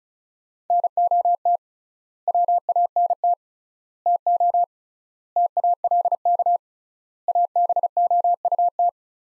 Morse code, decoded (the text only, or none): NOT WANT TO TALK ABOUT